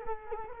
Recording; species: mosquito wingbeat signal from an infrared sensor; Culex quinquefasciatus